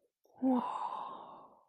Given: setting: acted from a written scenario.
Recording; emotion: vocal sound without words; awe